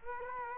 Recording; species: mosquito wingbeat signal from an infrared sensor; Culex quinquefasciatus